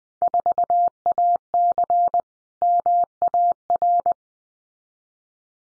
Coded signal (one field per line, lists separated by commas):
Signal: Morse code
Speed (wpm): 20 wpm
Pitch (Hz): 700 Hz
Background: none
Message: 4AC MAR